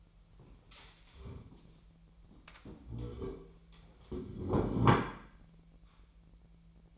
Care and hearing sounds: daily activity, microphone in the room; stand up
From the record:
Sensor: 1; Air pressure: 1001.7 hPa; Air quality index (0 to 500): 247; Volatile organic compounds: 119 ppm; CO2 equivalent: 3868 ppm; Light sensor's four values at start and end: 11/27/11/12 and 11/27/11/12

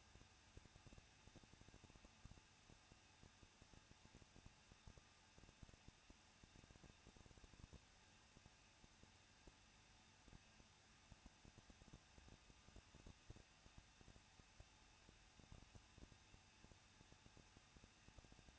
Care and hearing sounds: daily activity, microphone in the room; no activity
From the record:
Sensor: 2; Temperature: 21.0 degrees Celsius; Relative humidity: 37.3%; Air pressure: 1006.3 hPa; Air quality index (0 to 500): 221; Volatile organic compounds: 23 ppm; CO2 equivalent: 2793 ppm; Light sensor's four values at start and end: 2/3/2/2 and 2/3/2/2

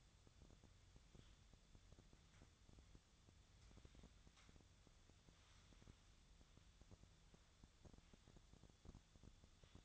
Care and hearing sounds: daily activity, microphone in the room; wipe stove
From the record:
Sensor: 3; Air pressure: 1004.8 hPa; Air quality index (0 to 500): 74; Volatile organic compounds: 2 ppm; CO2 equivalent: 1118 ppm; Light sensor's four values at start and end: 8/19/8/7 and 8/19/8/7

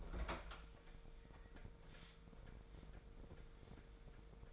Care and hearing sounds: daily activity, microphone in the room; open fridge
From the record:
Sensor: 5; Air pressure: 1014.9 hPa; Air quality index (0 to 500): 176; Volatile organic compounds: 6 ppm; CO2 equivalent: 1935 ppm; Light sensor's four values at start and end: 53/124/52/54 and 57/132/55/59

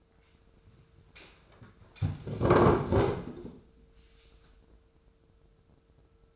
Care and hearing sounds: daily activity, microphone in the room; sit down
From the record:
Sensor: 2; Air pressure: 995.8 hPa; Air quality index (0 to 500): 240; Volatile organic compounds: 1000 ppm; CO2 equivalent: 5914 ppm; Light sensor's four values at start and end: 25/60/26/29 and 27/66/29/32

